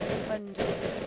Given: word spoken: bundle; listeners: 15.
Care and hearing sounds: one English word in noise, from a listening test; noise modulated by three-talker babble; -5.0 dB; 5 of 15; 8 of 15; 0.67 s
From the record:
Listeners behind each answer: 8, 5, 1, 1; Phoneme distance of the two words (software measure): 17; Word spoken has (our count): 2 syllables, 5 phonemes, stress on syllable 1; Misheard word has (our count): 2 syllables, 4 phonemes, stress on syllable 1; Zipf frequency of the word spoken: 3.44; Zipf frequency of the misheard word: 5.60

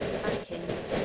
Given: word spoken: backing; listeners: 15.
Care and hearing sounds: one English word in noise, from a listening test; noise modulated by three-talker babble; -6.4 dB; 5 of 15; 6 of 15; 0.66 s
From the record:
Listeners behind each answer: 6, 5, 2, 1, 1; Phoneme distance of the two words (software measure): 10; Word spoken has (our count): 2 syllables, 5 phonemes, stress on syllable 1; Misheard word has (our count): 2 syllables, 5 phonemes, stress on syllable 1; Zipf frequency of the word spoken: 4.18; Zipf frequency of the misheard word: 3.94

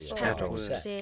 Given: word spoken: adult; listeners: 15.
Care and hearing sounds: one English word in noise, from a listening test; four-talker babble; -1.3 dB; 0 of 15; 7 of 15; 0.62 s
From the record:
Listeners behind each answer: 7, 2, 1, 1, 1, 1, 1, 1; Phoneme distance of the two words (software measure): 21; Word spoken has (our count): 2 syllables, 5 phonemes, stress on syllable 1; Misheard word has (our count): 2 syllables, 4 phonemes, stress on syllable 1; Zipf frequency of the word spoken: 4.40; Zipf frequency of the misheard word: 3.73

